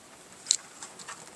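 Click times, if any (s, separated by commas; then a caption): none. A single battery pack is pushed into the battery compartment of the cheapest LSP LX 4D 360 Servo four-plane laser level. It only goes in a little and moves about. A sharp knock of the pack in the slot comes at 0.5 s, with fainter knocks at 0.8 s and 1.1 s. Nothing has clicked or latched: the pack does not lock and falls out by itself.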